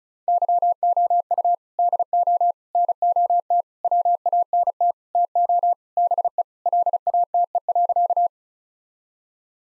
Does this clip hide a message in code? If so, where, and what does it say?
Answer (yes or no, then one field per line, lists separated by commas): yes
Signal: Morse code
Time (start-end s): 0.3-8.3 s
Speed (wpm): 36 wpm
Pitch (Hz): 700 Hz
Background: none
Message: YOU DO NOT WANT TO BE LATE.